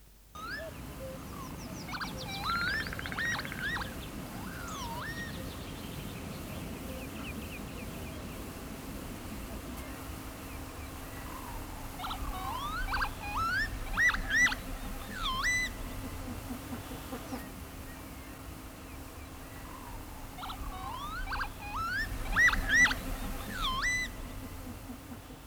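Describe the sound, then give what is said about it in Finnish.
Squeaky, rising 'veep veep' calls of a northern lapwing, a crested bird, come in three separate bursts of several quick notes each, heard over a steady low rumble of wind or background noise. “Ääni, niin se kuulostaa vähän kitisevältä. Viip, viip.”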